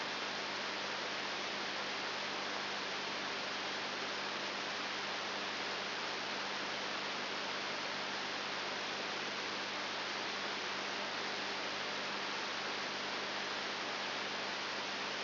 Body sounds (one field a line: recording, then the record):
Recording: brain microelectrode recording played as sound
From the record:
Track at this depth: outside the subthalamic nucleus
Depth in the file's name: 5.7 mm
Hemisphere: left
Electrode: 3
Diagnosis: Parkinson's disease